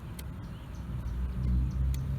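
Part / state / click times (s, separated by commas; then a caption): spring snap button on a hammock stand tube going into the mating tube / not seated / none. Two metal tube sections of a Kammock Swiftlet hammock stand are handled and pushed toward each other, with the spring snap button on one tube heading into the mating tube. Low rumbling handling noise grows louder over the clip, with brief sharp ticks at about 0.2 and 1.9 seconds. Nothing has seated or clicked into place yet.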